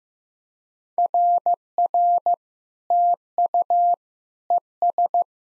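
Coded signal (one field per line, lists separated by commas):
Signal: Morse code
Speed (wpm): 15 wpm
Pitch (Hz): 700 Hz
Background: none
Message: RR TU ES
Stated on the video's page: SOTA QSO practice drill at 15 wpm, each exchange sent in Morse, spoken, then sent again.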